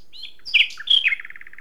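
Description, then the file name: Common nightingale song fragment: a few sharp, varied notes followed by a quick rattle of evenly repeated short notes. "Luscinia megarhynchos"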